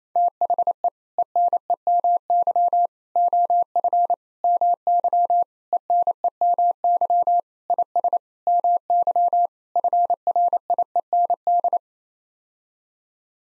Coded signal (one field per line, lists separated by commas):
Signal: Morse code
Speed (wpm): 27 wpm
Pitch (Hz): 700 Hz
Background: none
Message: THE ENEMY OF MY ENEMY IS MY FRIEND